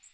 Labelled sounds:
Magnolia Warbler flight call

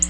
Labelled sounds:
Black-throated Blue Warbler flight call

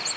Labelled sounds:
Ovenbird flight call

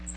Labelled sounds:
Magnolia Warbler flight call

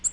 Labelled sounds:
Nashville Warbler flight call

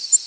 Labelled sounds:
Tennessee Warbler flight call

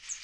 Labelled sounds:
Northern Parula flight call

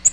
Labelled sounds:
Nashville Warbler flight call

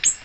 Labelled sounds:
Ovenbird flight call

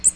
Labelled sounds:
Magnolia Warbler flight call

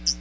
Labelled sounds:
Hooded Warbler flight call

